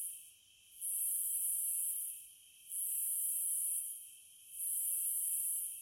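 Cicada song, loud shrill buzzing bursts about a second long, separated by short quieter gaps, several bursts in all.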